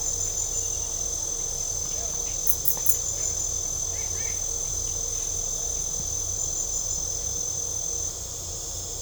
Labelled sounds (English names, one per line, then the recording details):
none
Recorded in pastures near Puerto Asís, Putumayo, Colombia, on 18 December 2024 at 20:30
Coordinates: 0.497, -76.327
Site G088